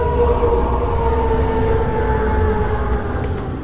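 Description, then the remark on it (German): A long, loud roar holds steady for several seconds with a droning, tonal quality, sinking slightly in pitch and easing off a little at the end. No one speaks. “Jetzt höre ich es auch. Ein Brüllen.”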